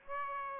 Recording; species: mosquito wingbeat signal from an infrared sensor; Aedes aegypti